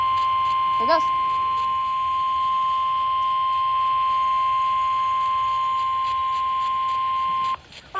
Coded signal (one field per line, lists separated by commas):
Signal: Emergency Alert System (SAME) tones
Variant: 1050 Hz attention tone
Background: speech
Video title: SEVERE THUNDERSTORM WARNING! EAS #1